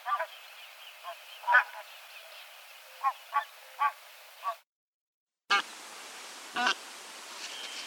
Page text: Гуменник (Anser fabalis)